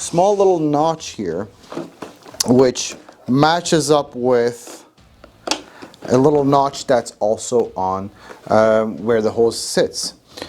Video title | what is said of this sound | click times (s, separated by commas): How to assemble, operate and maintain your new Miele Boost CX1 vacuum Cleaner. | locks into place nice and secure next thing is the handle | 5.5 s